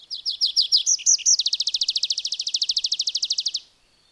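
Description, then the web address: Bird singing a high phrase of paired chirps that shifts into a long, rapid, even trill lasting about two seconds before stopping abruptly. "madarak enek"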